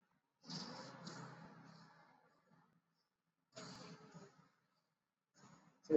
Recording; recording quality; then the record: shallow breathing; moderate, slight background noise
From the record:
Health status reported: exposed to COVID-19, no respiratory illness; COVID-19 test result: not tested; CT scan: not taken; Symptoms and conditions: cough, cold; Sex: male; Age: 30 years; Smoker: no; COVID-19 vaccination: both doses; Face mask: worn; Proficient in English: yes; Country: India